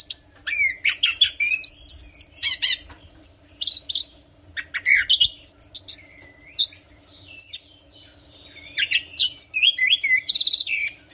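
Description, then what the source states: Orange-headed thrush song: a rich, continuous run of varied whistles and rapid trills, loud and high, pausing briefly about two-thirds of the way through; faint steady hum underneath. Described as in full, vigorous song (Indonesian 'gacor ngeplong' style).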